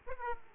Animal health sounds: mosquito wingbeat signal from an infrared sensor; Aedes aegypti

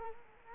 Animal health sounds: mosquito wingbeat signal from an infrared sensor; Culex quinquefasciatus

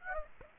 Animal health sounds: mosquito wingbeat signal from an infrared sensor; Aedes aegypti

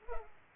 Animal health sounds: mosquito wingbeat signal from an infrared sensor; Culex pipiens

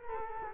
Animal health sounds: mosquito wingbeat signal from an infrared sensor; Culex quinquefasciatus

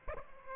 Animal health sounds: mosquito wingbeat signal from an infrared sensor; Aedes aegypti

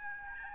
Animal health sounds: mosquito wingbeat signal from an infrared sensor; Aedes albopictus

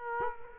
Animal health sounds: mosquito wingbeat signal from an infrared sensor; Culex quinquefasciatus

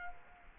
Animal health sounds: mosquito wingbeat signal from an infrared sensor; Culex quinquefasciatus

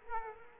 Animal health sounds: mosquito wingbeat signal from an infrared sensor; Culex quinquefasciatus

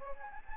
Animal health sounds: mosquito wingbeat signal from an infrared sensor; Anopheles gambiae

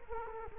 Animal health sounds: mosquito wingbeat signal from an infrared sensor; Culex quinquefasciatus

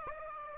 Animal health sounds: mosquito wingbeat signal from an infrared sensor; Aedes aegypti

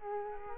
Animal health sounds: mosquito wingbeat signal from an infrared sensor; Culex quinquefasciatus

